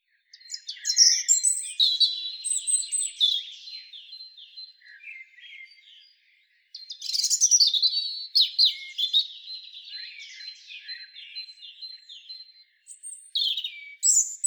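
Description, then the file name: European robin song: high, thin warbled phrases mixing sustained whistles, trills and sharp chirps, delivered in three bursts separated by brief pauses. "Erithacus rubecula"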